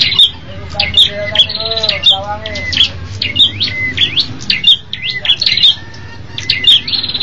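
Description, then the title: Bird song with high chirping phrases repeated steadily, some lower rising squawky notes early on, and a low hum throughout. "kikicau"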